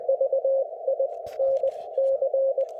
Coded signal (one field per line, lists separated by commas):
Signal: Morse code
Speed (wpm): 20 wpm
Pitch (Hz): 590 Hz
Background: none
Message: VI NC